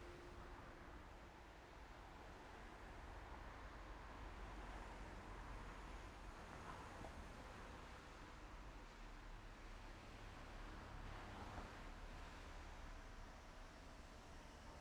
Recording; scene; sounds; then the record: everyday scene through a hearing-aid microphone; in traffic; traffic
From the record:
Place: main road on the outskirts, rush hour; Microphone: behind the ear, right, front